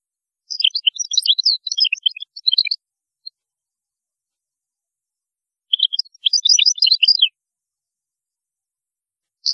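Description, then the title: European goldfinch song: two bursts of quick, tinkling, twittering notes, one near the start and another after a three-second pause, with a third just beginning at the end. "Chant Chardonneret"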